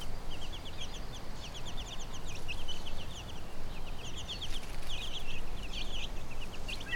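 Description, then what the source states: Chicken chicks peeping: dense high, thin downslurred peeps repeated rapidly, over a steady low rumble of background noise. A hen with her chicks, recorded on Brownsea Island.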